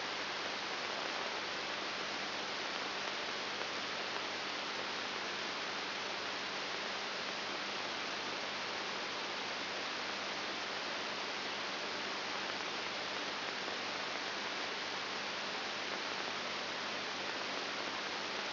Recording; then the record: brain microelectrode recording played as sound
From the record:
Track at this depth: inside the subthalamic nucleus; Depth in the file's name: 5.901 mm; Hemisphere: left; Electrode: 3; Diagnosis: Parkinson's disease